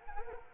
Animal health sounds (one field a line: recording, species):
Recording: mosquito wingbeat signal from an infrared sensor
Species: Anopheles arabiensis